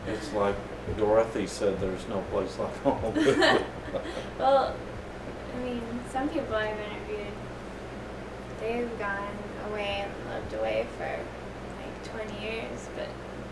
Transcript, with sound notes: It’s like Dorothy said, ‘there’s no place like home.’ [laughter]
Well, I mean some people I’ve interviewed, they’ve gone away and lived away for like twenty years but